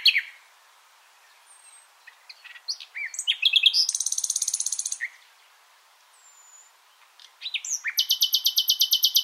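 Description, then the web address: Common nightingale song, varied chirps leading into a long rapid rattling trill, a pause, then another fast repeated-note phrase. "SETE Luscinia megarhynchos"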